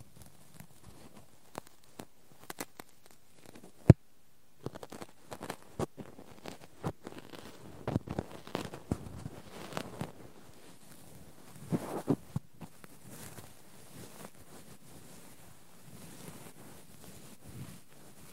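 Cotton and tweezers are handled in a quiet, close ASMR-style recording: soft, crinkly rustling punctuated by small ticks and clicks. A sharp snap stands out near four seconds, the scratchy fluffing grows busiest in the middle stretch, then thins to faint rustles at the end.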